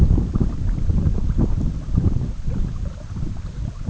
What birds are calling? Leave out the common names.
none